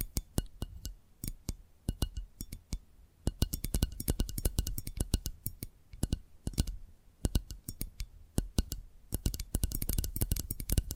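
Tapping triggers: a stream of sharp, crisp clicks and taps, irregular and often in quick bursts, each one bright and short. Short pauses break the runs, near 3 and 7 seconds, and a soft low rumble sits underneath throughout.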